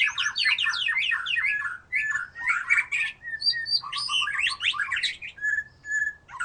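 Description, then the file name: White-rumped shama song: dense rapid chattering and warbled phrases, then a pause and fluty whistles with scattered thin high notes. "murai batu"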